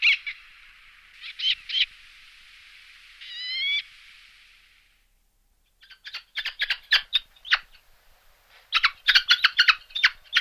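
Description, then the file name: Eleonora's falcon giving a few harsh notes over a hiss, then after silence bursts of rapid grating chatter. "Pticy Evropy - Sokol Elenory"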